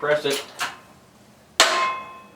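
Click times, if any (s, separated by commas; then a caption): 1.6 s. A press-fit steel wrist pin is pushed out of a connecting rod small end and piston with a pin press tool. Someone talks briefly, then a single sharp metallic click rings out at 1.6 s as the pin breaks loose. The click has a ringing tail, and the pin is released.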